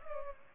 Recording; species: mosquito wingbeat signal from an infrared sensor; Culex pipiens